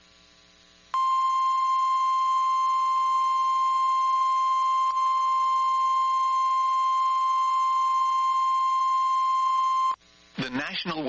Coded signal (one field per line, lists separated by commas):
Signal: Emergency Alert System (SAME) tones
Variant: 1050 Hz attention tone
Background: speech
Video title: Emergency Alert System Compilation severe weather outbreak, KINDA eas#206